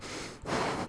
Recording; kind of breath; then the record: one breath in and out by a microphone near the nose and mouth; strong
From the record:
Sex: male